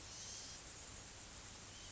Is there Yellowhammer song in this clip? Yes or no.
no